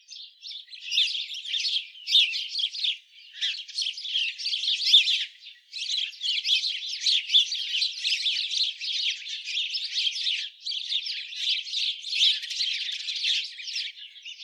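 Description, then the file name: House sparrow chirps: a dense, almost unbroken chatter of many overlapping high chirps, with only brief pauses throughout. "Passer domesticus"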